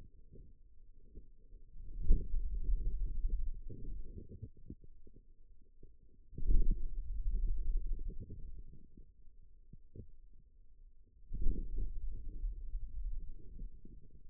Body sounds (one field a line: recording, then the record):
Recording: forearm muscle sounds (acoustic myography)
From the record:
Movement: hand closing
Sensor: system 2, bracelet of six BSWA MPA416 microphones around the upper forearm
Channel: 1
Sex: male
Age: 22 years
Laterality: right